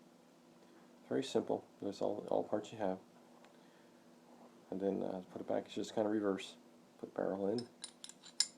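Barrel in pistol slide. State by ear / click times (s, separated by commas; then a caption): not seated / none. A Kel-Tec PF9 pistol barrel is handled while being put back into the slide during reassembly, with someone talking over bursts of speech and a few sharp metallic ticks near the end, the loudest at about 8.4 s. The barrel has not seated or snapped into the slide yet when the clip ends.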